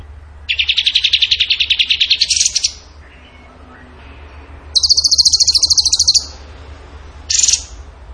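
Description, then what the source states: Bird song: a trill of fast notes, a pause, then a shrill rapid trill and a short final burst. Masteran training recording of a bird singing in the gacor tembakan style.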